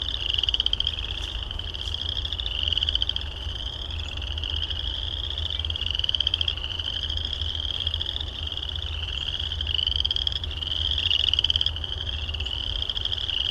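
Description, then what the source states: Frogs trilling together in a dense, unbroken high chorus of rapid pulses, with a few faint clicks and a soft low hum beneath. Recorded at Heartland Meadows.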